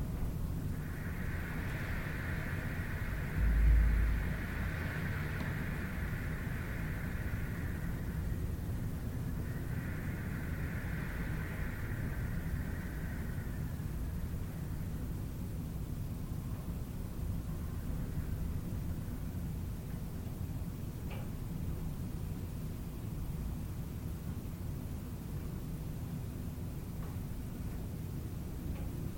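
Wind blows steadily, with a dense low rumble that holds an even level throughout. Two higher hissing swells rise over it, from about 1 to 8 seconds and again around 10 to 14 seconds. A brief low thump comes near 4 seconds, with faint ticks later.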